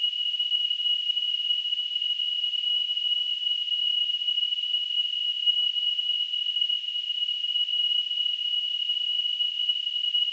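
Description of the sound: Steady, unbroken high-pitched tone with faint hiss throughout, a simulation of the ringing heard in tinnitus.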